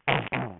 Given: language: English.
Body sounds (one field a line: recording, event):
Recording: throat vibration sensor signal played as sound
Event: throat clearing